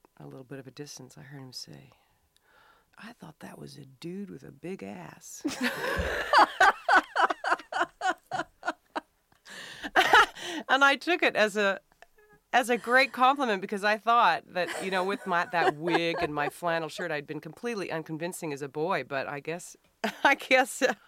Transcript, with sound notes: a little bit of a distance, I heard him say, `I thought that was a dude with a big ass.' (Soundbite of laughter) And I took it as a great compliment because I thought that, you know, that with that wig and my flannel shirt, I'd been completely unconvincing as a boy, but I guess--I guess